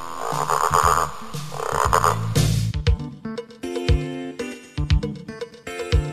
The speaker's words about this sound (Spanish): Nací de un huevo pequeño, con una cola muy larga y dando saltos me muevo para zambullirme en el agua. La rana.